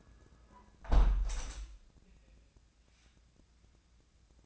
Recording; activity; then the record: daily activity, microphone in the room; close window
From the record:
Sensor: 2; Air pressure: 1012.1 hPa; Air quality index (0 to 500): 128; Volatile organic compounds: 1 ppm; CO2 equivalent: 946 ppm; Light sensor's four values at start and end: 164/394/166/174 and 163/393/165/171